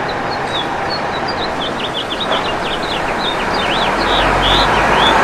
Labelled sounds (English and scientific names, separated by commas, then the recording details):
House Finch (Haemorhous mexicanus) song
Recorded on Long Island, New York, on 21 June 2011
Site IT
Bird B